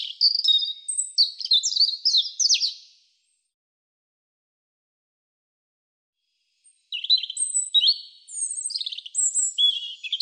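European robin song: a sparkling phrase of quick high notes, a pause of nearly four seconds, then a second varied warbling phrase.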